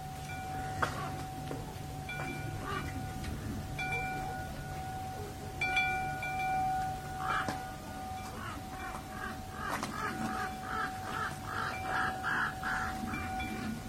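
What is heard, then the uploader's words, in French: Metal chimes ring out in scattered strikes over a steady low rumble, with a constant high tone running underneath throughout. Around the middle a brighter cluster of clanks stands out, and near the end the strikes come faster in a quick, regular run. Carillon en métal.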